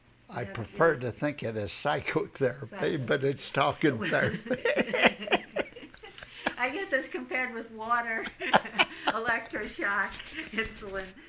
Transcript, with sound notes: I prefer to think of it as psychotherapy, but it's talking therapy. ( they laugh )
I guess as compared with water, electroshock, insulin.